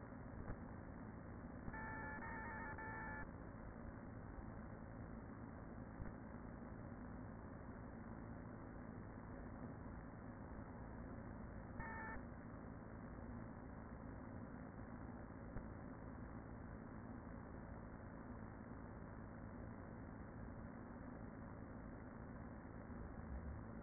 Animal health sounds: honeybee colony, microphone inside the hive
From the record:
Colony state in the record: queen present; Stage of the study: after two queens were removed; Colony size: about 40,000 bees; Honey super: no

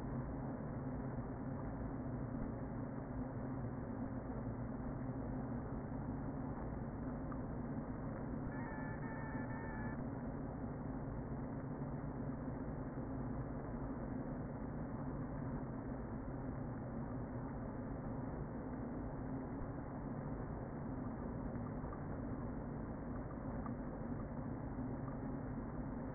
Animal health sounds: honeybee colony, microphone inside the hive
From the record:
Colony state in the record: queen present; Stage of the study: before two queens were removed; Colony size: about 60,000 bees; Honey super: yes

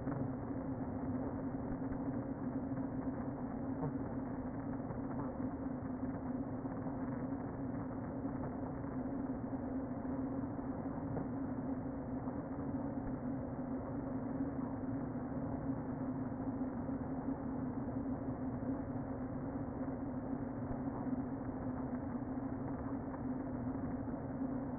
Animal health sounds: honeybee colony, microphone inside the hive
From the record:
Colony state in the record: queen present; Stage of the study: before two queens were removed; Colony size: about 60,000 bees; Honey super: yes

